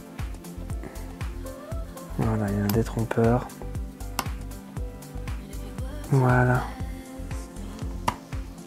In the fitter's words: ça se clipse complètement et voilà bon ben ça y est c'est fait donc